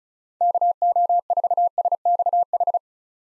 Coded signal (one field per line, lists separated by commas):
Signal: Morse code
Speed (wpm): 36 wpm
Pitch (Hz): 700 Hz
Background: none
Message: KO4SXH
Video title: 2023 POTA Hunter Call Signs - 35wpm